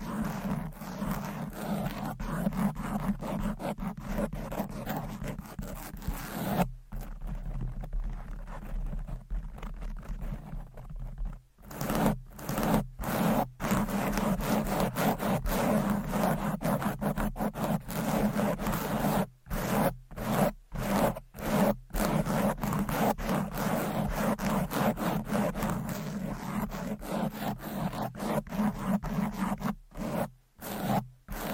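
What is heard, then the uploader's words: Fingernails and covers scratch roughly across a microphone, a dense, grating rasp that runs almost without pause. A strong low hum sits under the scratching throughout. Brief silences break in around 7 to 11 seconds and in quick clusters near 12, 20 and 31 seconds. ASMR Fast & Aggressive Mic Scratching with 10 DIFFERENT MICS Covers & Nails No Talking.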